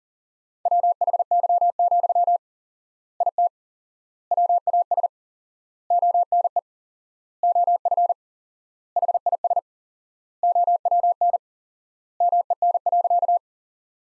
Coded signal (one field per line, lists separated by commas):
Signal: Morse code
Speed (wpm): 40 wpm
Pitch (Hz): 700 Hz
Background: none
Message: WHY, IT WAS ONE OF HIS OWN MEN.